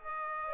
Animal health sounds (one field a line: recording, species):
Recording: mosquito wingbeat signal from an infrared sensor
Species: Aedes aegypti